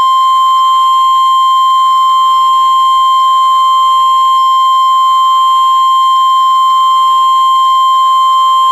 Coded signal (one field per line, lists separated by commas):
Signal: Emergency Alert System (SAME) tones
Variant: 1050 Hz attention tone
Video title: EAS severe thunderstorm warning for Brevard and Orange counties in Florida - May 23, 2013